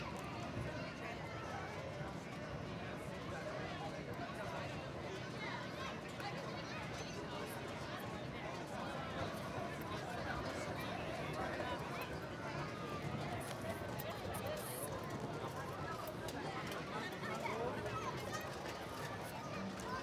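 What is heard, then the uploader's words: Crowd noise fills a boardwalk arcade, a thick, steady blend of overlapping voices with no single speaker standing out. Footsteps and scattered bright clicks and rattles from the games come and go throughout, over a constant low rumble at an even loudness. Coney Island Boardwalk - Arcade II by Bandeto.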